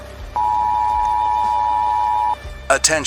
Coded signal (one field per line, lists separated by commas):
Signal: Emergency Alert System (SAME) tones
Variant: 853 and 960 Hz attention tone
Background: speech, music